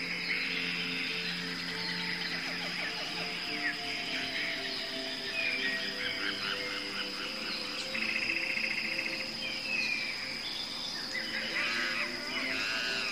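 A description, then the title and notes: Tropical rainforest sounds: a dense, steady chorus of birds and insects, with sustained low and mid drones holding throughout. Quick chirps, trills and whistles layer over a constant bright insect hiss, with a louder burst of rapid calls around eight seconds. Beautiful tropical rainforest sounds.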